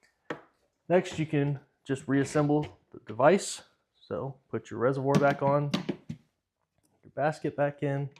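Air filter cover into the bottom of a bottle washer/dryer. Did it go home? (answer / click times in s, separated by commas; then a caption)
yes / 0.3 s. A plastic air filter cover on a Momcozy Kleanpal Pro bottle washer/dryer, fitted after a new air filter is inserted, has its two tabs lined up with the two holes on the bottom of the device and is flipped upward and pushed in. It snaps into place with a sharp click at 0.3 s. Someone then talks for the rest of the clip.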